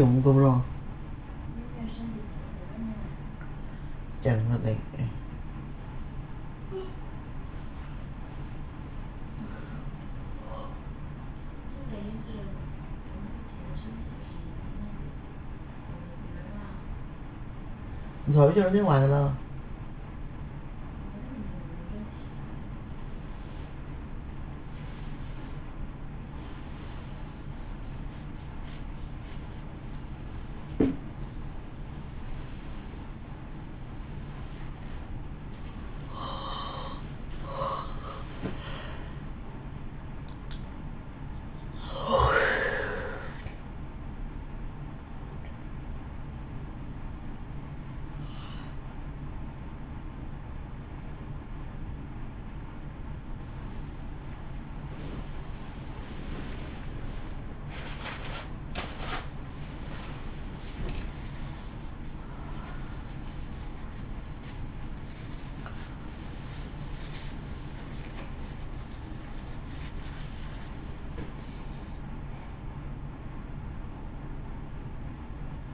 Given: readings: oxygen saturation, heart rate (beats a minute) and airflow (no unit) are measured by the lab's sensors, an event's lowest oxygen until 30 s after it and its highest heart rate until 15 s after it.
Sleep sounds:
a person awake in a sleep study, by a smartphone at the bedside; none
0.00-75.74 s: awake
0.00-75.74 s: awake
From the record:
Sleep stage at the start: awake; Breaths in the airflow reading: 28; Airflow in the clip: -0.6 to 0.7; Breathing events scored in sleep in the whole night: 328 in 6.3 hours asleep

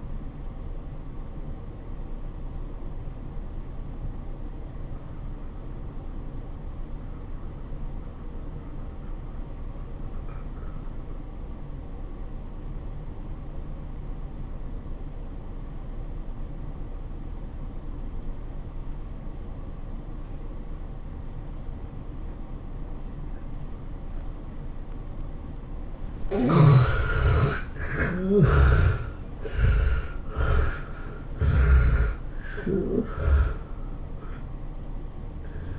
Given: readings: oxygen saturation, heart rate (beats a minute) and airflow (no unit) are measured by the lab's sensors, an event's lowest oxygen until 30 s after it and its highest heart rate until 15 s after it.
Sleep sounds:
breathing in sleep by a smartphone at the bedside; 1
3.00-28.80 s: obstructive apnea (N2, oxygen 96% highest, then 69% lowest, heart rate 97 at the start, 109 highest)
From the record:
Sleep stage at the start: N2 (light sleep); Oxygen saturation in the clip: 71 to 96%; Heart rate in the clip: 79 to 109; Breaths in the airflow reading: 3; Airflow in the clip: -15.5 to 16.8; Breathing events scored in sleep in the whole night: 403 in 5.5 hours asleep

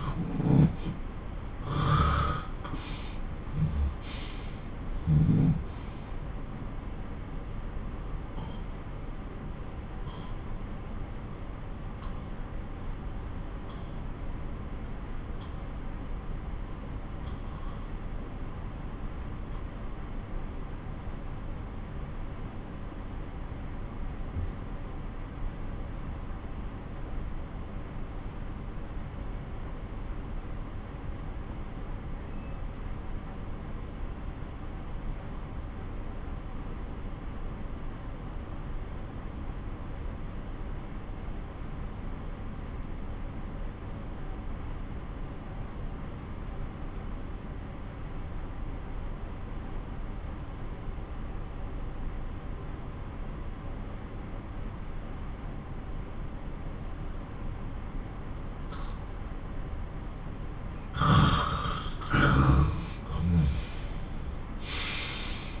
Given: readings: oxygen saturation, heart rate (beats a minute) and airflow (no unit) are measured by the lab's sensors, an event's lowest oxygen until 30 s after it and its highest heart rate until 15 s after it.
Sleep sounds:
breathing in sleep by a smartphone at the bedside; 1
6.00-60.50 s: obstructive apnea (N1, oxygen 97% highest, then 88% lowest)
16.00-46.00 s: new sleep stage, N2 (light sleep)
46.00-65.60 s: new sleep stage, N1 (lightest sleep)
From the record:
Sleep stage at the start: N1 (lightest sleep); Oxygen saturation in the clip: 87 to 97%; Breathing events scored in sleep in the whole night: 217 in 6.3 hours asleep

